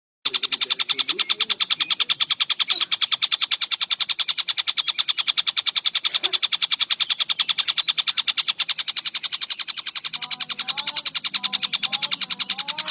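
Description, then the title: Spiderhunter song: a fast, steady run of sharp chipping notes continuing without pause throughout, with faint lower chatter beneath. Long, clear, vigorous song; used as a tutor recording for birds. "Pijantung Gunung Gacor Jernih Panjang"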